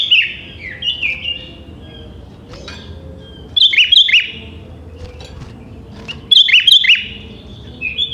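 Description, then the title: Sooty-headed bulbul song: several bursts of short, bubbly, chirping phrases at a high pitch, separated by a few seconds of quiet with a faint background hum. "Kutilang"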